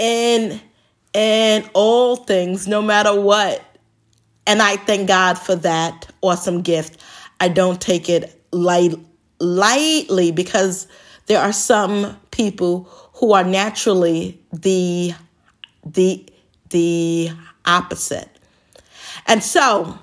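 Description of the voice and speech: An adult woman's warm, fluent-sounding talk about living with stuttering, broken by stuttering that began in childhood: word and part-word repetitions ('light, lightly'), a triple 'the' separated by pauses, and drawn-out sounds.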